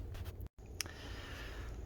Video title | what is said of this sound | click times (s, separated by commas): Fog Light Replacement on 2009 Nissan Murano | Once it's under, it should snap in place there. | 0.8 s